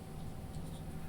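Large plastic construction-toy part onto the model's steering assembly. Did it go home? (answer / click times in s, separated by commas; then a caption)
no / none. A large plastic construction-toy part is handled and pressed toward the steering and suspension assembly of an Audi RS Q e-tron building-brick model. Only soft, steady rubbing and handling noise is heard. Nothing has seated or snapped into place yet.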